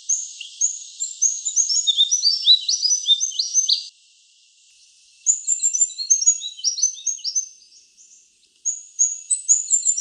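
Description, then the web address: Rufous fantail uttering long runs of very high, squeaky, jerky notes that tumble downward, broken by brief silences, ending with a few sharp repeated chips. Heard in a garden in Canberra. "canberra-garden-birds fantails rufous-fantail"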